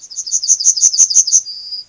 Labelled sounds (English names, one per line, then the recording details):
Yellowhammer song
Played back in grassland
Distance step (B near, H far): B
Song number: 170